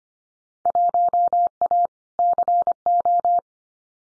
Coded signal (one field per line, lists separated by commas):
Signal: Morse code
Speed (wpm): 25 wpm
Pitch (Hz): 700 Hz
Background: none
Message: 1A CO